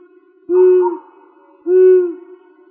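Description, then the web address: Long-eared owl hoots: two deep, steady, low-pitched hoo notes about a second apart in otherwise quiet surroundings. "Asio otus"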